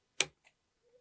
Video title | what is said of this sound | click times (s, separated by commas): Gamo Varmint Swarm - Multishot Springer... Gimmick or Key Feature? - Range and Country | nice positive click into the into the rifle. | 0.2 s